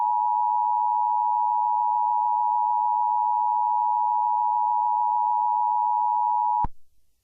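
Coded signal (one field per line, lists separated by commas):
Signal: Emergency Alert System (SAME) tones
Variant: 853 and 960 Hz attention tone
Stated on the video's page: Fictional Emergency Alert System scenario.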